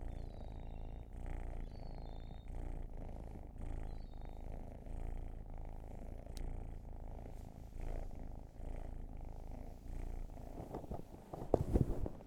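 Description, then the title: Cat purring steadily in rhythmic breath cycles, faint high chirps in the background near the start, and handling noise toward the end. Long purring session. "Purrathon"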